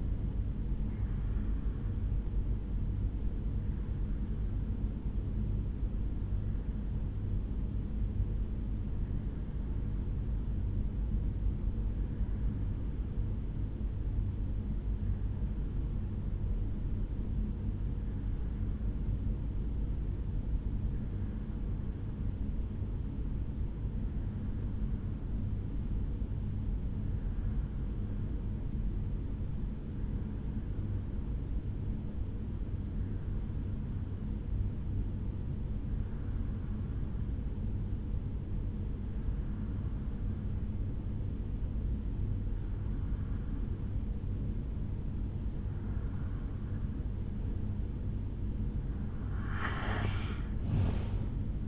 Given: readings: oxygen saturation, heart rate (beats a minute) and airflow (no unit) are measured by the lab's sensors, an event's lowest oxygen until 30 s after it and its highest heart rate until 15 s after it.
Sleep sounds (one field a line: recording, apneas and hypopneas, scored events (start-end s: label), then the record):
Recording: breathing in sleep by a smartphone at the bedside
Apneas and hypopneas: 1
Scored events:
3.00-46.40 s: hypopnea (REM, oxygen 92% highest, then 82% lowest, heart rate 75 at the start, 80 highest)
From the record:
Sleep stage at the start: REM sleep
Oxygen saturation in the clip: 85 to 92%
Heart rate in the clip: 61 to 76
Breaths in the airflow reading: 15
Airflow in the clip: -9.1 to 6.1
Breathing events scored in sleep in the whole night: 449 in 7.0 hours asleep